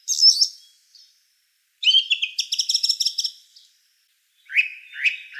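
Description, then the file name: Song thrush singing bright, varied high phrases: a quick whistled flourish, then a run of rapid repeated notes, then three short rising notes near the end. "Turdus philomelos"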